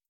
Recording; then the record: hydrophone in a shrimp aquaculture tank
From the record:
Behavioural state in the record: starved